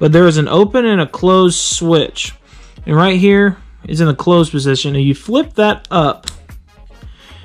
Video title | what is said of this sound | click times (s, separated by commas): Baitcaster Reels Maintenance | you'll hear a click then you will be able to take this side plate twist it back | 6.5 s